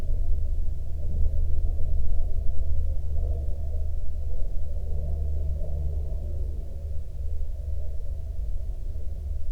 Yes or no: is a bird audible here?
no